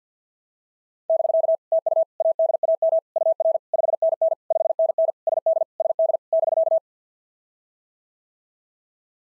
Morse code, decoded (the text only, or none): <BK> TU ADAM UR 5NN 5NN SD SD <BK>